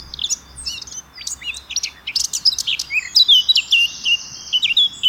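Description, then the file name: Eurasian blackcap delivers a lively, varied warble of high chirps and whistled notes. "Sylvia atricapilla"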